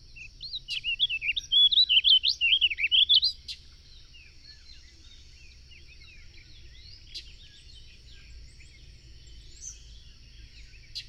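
Bird song: a quick run of high, twittering, warbled notes for about three seconds, then near quiet with a few faint scattered chirps over a steady high hiss.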